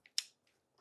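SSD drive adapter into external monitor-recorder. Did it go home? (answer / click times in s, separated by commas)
yes / 0.2 s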